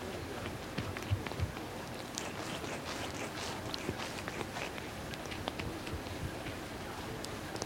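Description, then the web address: Cat grooming with quick, wet licking clicks in irregular bursts, a few louder taps, over low steady hiss. Cat washing itself; grooming behaviour. "BBC Cats Washing"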